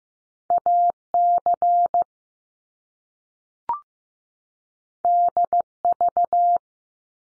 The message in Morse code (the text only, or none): A CD V